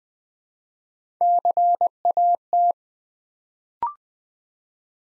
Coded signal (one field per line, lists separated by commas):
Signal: Morse code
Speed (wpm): 20 wpm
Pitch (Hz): 700 Hz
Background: none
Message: CAT